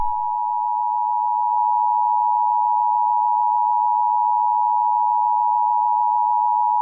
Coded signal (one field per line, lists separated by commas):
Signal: Emergency Alert System (SAME) tones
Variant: 853 and 960 Hz attention tone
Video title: EAS Scenario #49: Mickey Error 5: The Return Of Mickey Error: It All Ends My Friend!